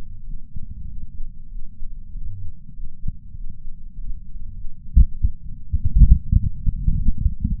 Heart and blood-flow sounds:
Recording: heart sounds by patch sensor on the chest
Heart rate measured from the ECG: 98 bpm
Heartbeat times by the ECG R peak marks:
0.23 s: heartbeat
0.86 s: heartbeat
1.49 s: heartbeat
2.11 s: heartbeat
2.73 s: heartbeat
3.33 s: heartbeat
3.94 s: heartbeat
4.54 s: heartbeat
5.13 s: heartbeat
5.74 s: heartbeat
6.35 s: heartbeat
6.96 s: heartbeat
7.58 s: heartbeat
From the record:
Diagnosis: coronary artery disease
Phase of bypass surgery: preoperative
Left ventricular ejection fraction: 66.8%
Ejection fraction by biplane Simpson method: 67.5%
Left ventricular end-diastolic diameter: 41 mm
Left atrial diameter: 29 mm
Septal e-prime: 9.5 cm/s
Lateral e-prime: 10.6 cm/s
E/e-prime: 8.7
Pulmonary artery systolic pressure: 27 mmHg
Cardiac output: 4.8 L/min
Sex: female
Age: 77 years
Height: 168 cm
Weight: 49 kg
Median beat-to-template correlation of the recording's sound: 0.81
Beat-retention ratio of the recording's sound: 0.99

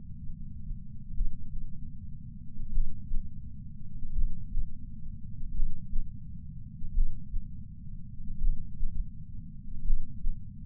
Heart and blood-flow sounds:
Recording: heart sounds by patch sensor on the chest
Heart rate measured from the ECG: 41 bpm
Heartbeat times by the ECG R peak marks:
1.14 s: heartbeat
2.70 s: heartbeat
4.13 s: heartbeat
5.51 s: heartbeat
6.92 s: heartbeat
8.38 s: heartbeat
9.82 s: heartbeat
From the record:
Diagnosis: coronary artery disease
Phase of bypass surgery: preoperative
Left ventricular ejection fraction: 64.4%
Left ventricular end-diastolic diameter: 51 mm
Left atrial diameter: 41 mm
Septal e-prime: 7.3 cm/s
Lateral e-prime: 10.3 cm/s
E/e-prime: 10.1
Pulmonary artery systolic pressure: 25 mmHg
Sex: male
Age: 59 years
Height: 168 cm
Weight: 81 kg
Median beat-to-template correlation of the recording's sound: 0.86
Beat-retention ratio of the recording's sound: 0.96

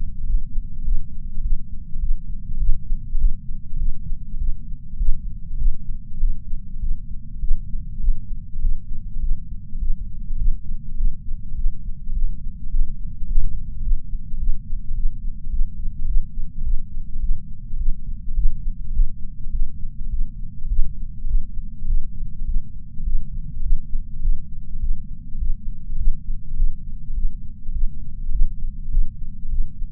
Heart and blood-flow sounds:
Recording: heart sounds by patch sensor on the chest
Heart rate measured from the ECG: 103 bpm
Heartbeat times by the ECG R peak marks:
0.26 s: heartbeat
0.84 s: heartbeat
1.42 s: heartbeat
2.00 s: heartbeat
2.59 s: heartbeat
3.18 s: heartbeat
3.78 s: heartbeat
4.39 s: heartbeat
4.98 s: heartbeat
5.58 s: heartbeat
6.19 s: heartbeat
6.81 s: heartbeat
7.41 s: heartbeat
8.00 s: heartbeat
8.61 s: heartbeat
9.21 s: heartbeat
9.80 s: heartbeat
10.38 s: heartbeat
10.97 s: heartbeat
11.56 s: heartbeat
12.14 s: heartbeat
12.71 s: heartbeat
13.27 s: heartbeat
13.83 s: heartbeat
14.39 s: heartbeat
14.95 s: heartbeat
15.51 s: heartbeat
16.07 s: heartbeat
16.63 s: heartbeat
17.21 s: heartbeat
17.78 s: heartbeat
18.35 s: heartbeat
18.93 s: heartbeat
19.52 s: heartbeat
20.11 s: heartbeat
20.69 s: heartbeat
21.27 s: heartbeat
21.87 s: heartbeat
22.46 s: heartbeat
23.05 s: heartbeat
23.62 s: heartbeat
24.21 s: heartbeat
24.81 s: heartbeat
25.39 s: heartbeat
25.97 s: heartbeat
26.56 s: heartbeat
27.15 s: heartbeat
27.73 s: heartbeat
28.31 s: heartbeat
28.91 s: heartbeat
29.50 s: heartbeat
From the record:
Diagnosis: coronary artery disease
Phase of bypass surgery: postoperative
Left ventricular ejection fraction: 66.9%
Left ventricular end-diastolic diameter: 46 mm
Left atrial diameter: 35 mm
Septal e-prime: 7.6 cm/s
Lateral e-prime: 10.1 cm/s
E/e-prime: 8.1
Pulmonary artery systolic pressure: 29 mmHg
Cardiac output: 6.1 L/min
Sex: male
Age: 63 years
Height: 180 cm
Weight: 65 kg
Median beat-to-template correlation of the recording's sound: 0.80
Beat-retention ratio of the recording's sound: 1.00

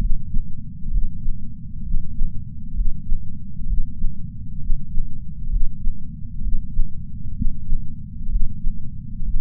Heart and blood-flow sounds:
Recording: heart sounds by patch sensor on the chest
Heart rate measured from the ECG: 65 bpm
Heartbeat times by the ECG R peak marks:
0.90 s: heartbeat
1.82 s: heartbeat
2.73 s: heartbeat
3.66 s: heartbeat
4.58 s: heartbeat
5.48 s: heartbeat
6.40 s: heartbeat
7.33 s: heartbeat
8.28 s: heartbeat
9.22 s: heartbeat
From the record:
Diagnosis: coronary artery disease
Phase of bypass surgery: preoperative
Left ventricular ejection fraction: 49.5%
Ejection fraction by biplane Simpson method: 47.8%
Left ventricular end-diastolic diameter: 60 mm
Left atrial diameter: 43 mm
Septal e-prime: 5 cm/s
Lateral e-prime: 6.6 cm/s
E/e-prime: 10.3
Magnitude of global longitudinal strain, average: 15.5%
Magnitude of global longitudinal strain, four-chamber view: 15.2%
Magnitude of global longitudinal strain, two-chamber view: 16.5%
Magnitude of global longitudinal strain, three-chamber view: 14.7%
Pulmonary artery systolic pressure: 27 mmHg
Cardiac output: 5.6 L/min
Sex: male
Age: 57 years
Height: 175 cm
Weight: 71 kg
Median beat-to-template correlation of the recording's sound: 0.89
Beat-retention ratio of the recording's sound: 0.99

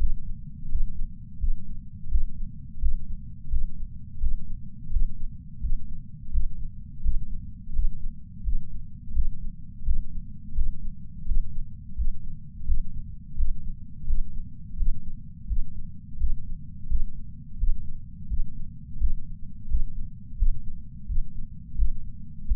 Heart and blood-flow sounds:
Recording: heart sounds by patch sensor on the chest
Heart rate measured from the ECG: 85 bpm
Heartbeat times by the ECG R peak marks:
0.69 s: heartbeat
1.39 s: heartbeat
2.09 s: heartbeat
2.80 s: heartbeat
3.50 s: heartbeat
4.20 s: heartbeat
4.90 s: heartbeat
5.61 s: heartbeat
6.31 s: heartbeat
7.02 s: heartbeat
7.73 s: heartbeat
8.44 s: heartbeat
9.13 s: heartbeat
9.84 s: heartbeat
10.54 s: heartbeat
11.25 s: heartbeat
11.96 s: heartbeat
12.66 s: heartbeat
13.36 s: heartbeat
14.06 s: heartbeat
14.77 s: heartbeat
15.47 s: heartbeat
16.18 s: heartbeat
16.88 s: heartbeat
17.58 s: heartbeat
18.28 s: heartbeat
18.99 s: heartbeat
19.68 s: heartbeat
20.37 s: heartbeat
21.06 s: heartbeat
21.76 s: heartbeat
22.45 s: heartbeat
From the record:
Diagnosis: coronary artery disease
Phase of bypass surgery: postoperative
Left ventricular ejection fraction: 53.3%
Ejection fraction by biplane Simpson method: 55.1%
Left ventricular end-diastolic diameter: 44 mm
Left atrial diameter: 43 mm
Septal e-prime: 6 cm/s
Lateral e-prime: 8.6 cm/s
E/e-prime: 11.9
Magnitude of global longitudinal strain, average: 15.4%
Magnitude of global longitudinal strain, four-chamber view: 16.2%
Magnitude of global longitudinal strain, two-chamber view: 15.5%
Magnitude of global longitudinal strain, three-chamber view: 14.5%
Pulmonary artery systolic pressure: 30 mmHg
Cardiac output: 3.65 L/min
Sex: male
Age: 64 years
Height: 175 cm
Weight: 85 kg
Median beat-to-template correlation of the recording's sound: 0.88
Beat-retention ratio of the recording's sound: 1.00

